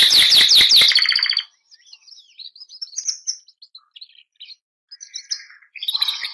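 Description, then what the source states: Canary song starting with a loud rapid series of rasping, harmonic notes, followed by quieter scattered twitters and a short warbled phrase near the end. Bernois canary song.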